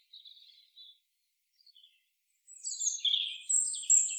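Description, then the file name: European robin song: a few soft high notes, a pause, then a brighter burst of thin warbling and trilled phrases at the end. "Erithacus rubecula"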